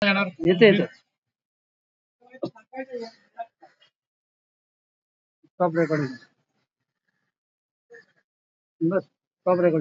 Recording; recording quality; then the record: shallow breathing; poor, much background noise or distortion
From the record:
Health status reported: healthy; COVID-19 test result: negative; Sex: male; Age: 45 years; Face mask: worn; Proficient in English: yes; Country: India